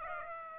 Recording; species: mosquito wingbeat signal from an infrared sensor; Aedes aegypti